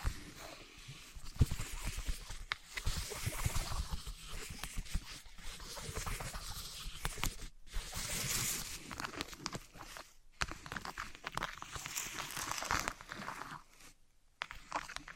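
Materials being handled and rubbed against each other: wood, cork, sponge, foam, glass and plastic. Dense crinkling, scraping and crunching noises run almost continuously with sharp taps and knocks scattered throughout. Brief pauses fall near 7.5, 10 and 14 seconds.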